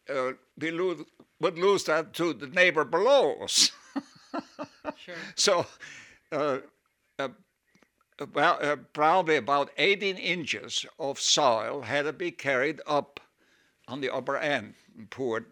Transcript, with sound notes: we would loose that to the neighbor below us. (he laughs)
Sure.
So, well probably about eighteen inches of soil had to carried up on the upper end, poured